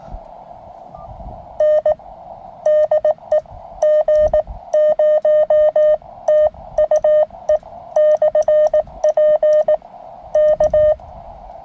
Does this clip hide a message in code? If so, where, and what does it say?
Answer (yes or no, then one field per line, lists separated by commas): yes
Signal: Morse code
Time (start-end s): 1.6-10.9 s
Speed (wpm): 18 wpm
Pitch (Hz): 610 Hz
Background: none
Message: N DE G0TUE /P K